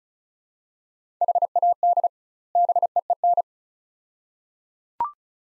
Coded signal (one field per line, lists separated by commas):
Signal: Morse code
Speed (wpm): 34 wpm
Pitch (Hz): 700 Hz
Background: none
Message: HAD BEEN